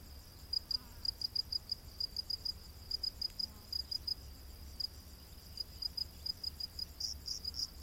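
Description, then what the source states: Crickets giving soft, uneven high chirps in loose clusters. Rainforest at night.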